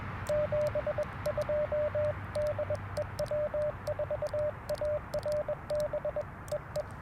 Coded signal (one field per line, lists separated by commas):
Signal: Morse code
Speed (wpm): 21 wpm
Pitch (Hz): 590 Hz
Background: radio noise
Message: 72 DE W4ARB EE